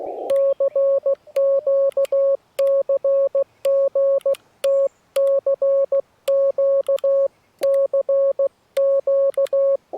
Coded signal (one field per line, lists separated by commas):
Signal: Morse code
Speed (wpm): 16 wpm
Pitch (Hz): 550 Hz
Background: none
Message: CQ CG T CQ CQ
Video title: Am I Ready To Run CW On Field Day?